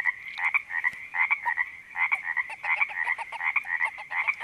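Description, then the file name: Many frogs croaking at once, overlapping calls above a continuous buzzy trill. Frogs recorded at a creek in Panoche Valley, California, on 02-04-08 (2008). "OMV-02-04-08-Panoche Valley CA Creek Frogs"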